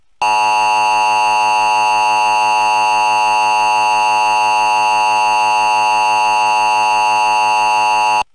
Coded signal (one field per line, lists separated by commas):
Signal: Emergency Alert System (SAME) tones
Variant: 853 and 960 Hz attention tone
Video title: Emergency Alert System Audio Error